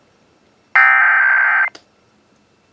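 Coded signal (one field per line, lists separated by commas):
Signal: Emergency Alert System (SAME) tones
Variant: header bursts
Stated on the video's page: Pennsylvania Required Monthly Test.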